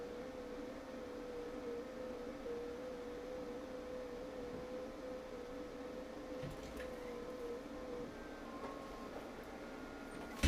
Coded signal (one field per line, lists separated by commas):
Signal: FT8